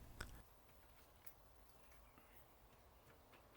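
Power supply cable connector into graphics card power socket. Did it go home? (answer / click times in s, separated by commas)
yes / 0.2 s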